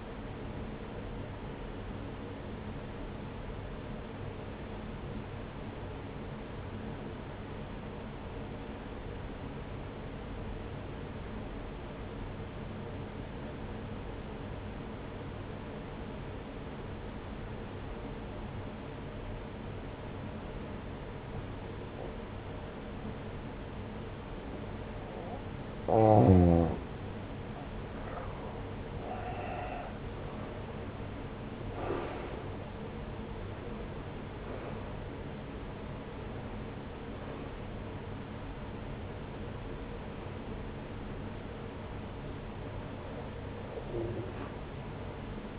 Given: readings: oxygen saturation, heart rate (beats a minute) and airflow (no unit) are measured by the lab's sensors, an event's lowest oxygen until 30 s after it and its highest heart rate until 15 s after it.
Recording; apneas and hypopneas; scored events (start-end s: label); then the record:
breathing in sleep by a voice recorder at the bedside; 1
4.00-28.30 s: obstructive apnea (N1, oxygen 95% highest, then 84% lowest)
8.00-38.00 s: new sleep stage, N2 (light sleep)
38.00-45.59 s: awake
38.00-45.59 s: new sleep stage, awake
From the record:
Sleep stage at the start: N1 (lightest sleep); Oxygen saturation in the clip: 86 to 95%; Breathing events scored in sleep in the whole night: 303 in 8.1 hours asleep